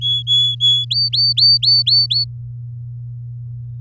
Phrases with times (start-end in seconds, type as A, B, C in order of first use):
0.01-0.85 A, 0.90-2.25 B